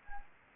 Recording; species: mosquito wingbeat signal from an infrared sensor; Anopheles gambiae